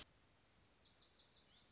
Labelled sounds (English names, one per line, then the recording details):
Lazuli Bunting
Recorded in Sonoma County, California